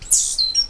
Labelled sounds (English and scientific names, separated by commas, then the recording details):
Stitchbird (Notiomystis cincta) song
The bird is a male
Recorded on Tiritiri Matangi Island, New Zealand, in 2005
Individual 8, of nest box 10